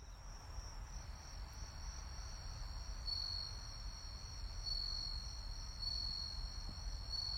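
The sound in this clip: Crickets: continuous high steady trilling at one pitch, with a second slightly lower trill coming in short pulses, over low rumbling background noise.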